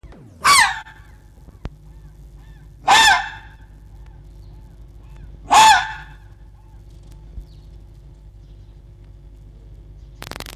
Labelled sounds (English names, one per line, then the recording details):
Red Fox
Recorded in captivity
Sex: male
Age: adult
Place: Zoologisches Institut der HUB, Berlin, DE
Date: 1956-02-22
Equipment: Elmetra
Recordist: Tembrock, Günter